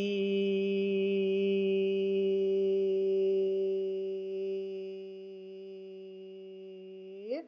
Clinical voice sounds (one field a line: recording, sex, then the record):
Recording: sustained vowel /i/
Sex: female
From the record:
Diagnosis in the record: healthy control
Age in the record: 63 years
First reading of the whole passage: 70 s, 6.7 characters per second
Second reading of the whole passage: 71 s, 6.6 characters per second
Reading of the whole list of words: 45 s, 6.3 characters per second